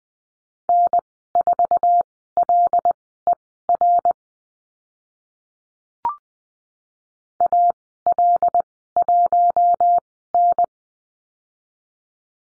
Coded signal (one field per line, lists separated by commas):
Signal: Morse code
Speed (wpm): 20 wpm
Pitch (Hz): 700 Hz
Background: none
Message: N4LER AL1N